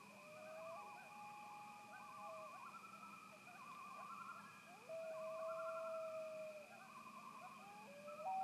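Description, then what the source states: Loon mixing repeated quavering tremolos with long, steady wail notes, over a constant high hum. Several loons at Sunset Lodge, 10 September 2018.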